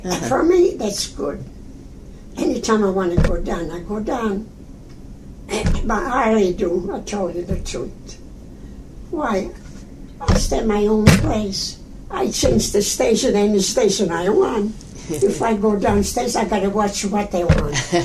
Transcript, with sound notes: For me, that's good. Anytime I wanna go down, I go down.. (Bangs fist) But I do I tell you the truth, I set my own race, I change the station any station I want (laughs) If I go downstairs, I gotta watch what they want.